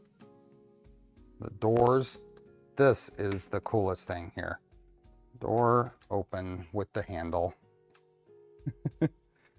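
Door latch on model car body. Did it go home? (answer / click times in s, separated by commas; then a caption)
yes / 8.9 s. Someone talks while the printed door of a model car body is opened with its handle and then pushed closed. The door latch snaps shut at 8.9 s, among a few small clicks near the end, and the door is latched.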